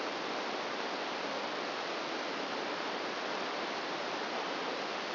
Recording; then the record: brain microelectrode recording played as sound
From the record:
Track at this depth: outside the subthalamic nucleus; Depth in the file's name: -0.909 mm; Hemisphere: right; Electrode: 2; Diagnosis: Parkinson's disease